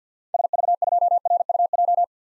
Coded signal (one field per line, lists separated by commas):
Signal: Morse code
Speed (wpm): 48 wpm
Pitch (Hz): 700 Hz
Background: none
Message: SV2RUJ